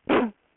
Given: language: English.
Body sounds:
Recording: throat vibration sensor signal played as sound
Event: cough

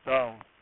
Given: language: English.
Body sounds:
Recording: throat vibration sensor signal played as sound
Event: speech

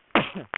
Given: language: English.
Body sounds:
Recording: throat vibration sensor signal played as sound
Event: cough

